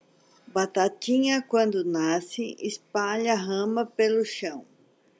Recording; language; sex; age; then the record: short text; Brazilian Portuguese; female; 60 to 69 years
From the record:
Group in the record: control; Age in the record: 61 years